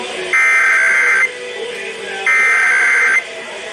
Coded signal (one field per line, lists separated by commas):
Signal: Emergency Alert System (SAME) tones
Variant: header bursts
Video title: EAS #77-80: 2023 National Periodic Test on KDKA AM, WOVK FM, WRQY FM & Comcast